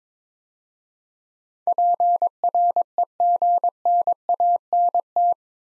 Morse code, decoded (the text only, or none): PREGNANT